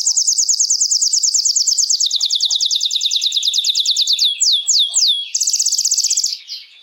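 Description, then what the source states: Canary song: long rapid trills of high chirping notes, shifting to a few slower sweeping whistles, then a fast buzzy trill at the close. Belgian mosaic canary.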